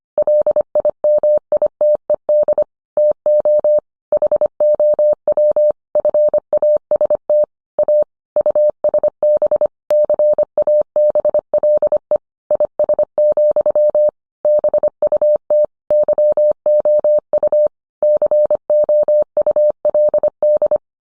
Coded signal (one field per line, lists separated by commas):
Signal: Morse code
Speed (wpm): 25 wpm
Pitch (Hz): 600 Hz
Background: none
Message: LIMITED TO HOW FAST A USB CABLE IS, BUT YOU COULD